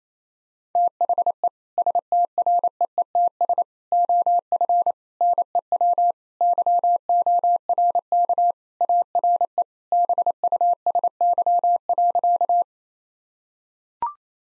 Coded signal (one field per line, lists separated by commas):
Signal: Morse code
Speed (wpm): 28 wpm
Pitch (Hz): 700 Hz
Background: none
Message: THE STREETS OF NEW YORK ARE BUSY.